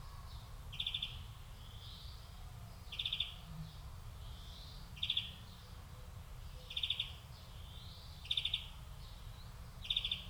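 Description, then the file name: European greenfinch calls as short buzzy trilled bursts, repeated roughly every two seconds, with softer wheezy notes between them and a steady low rumble. "Chloris chloris"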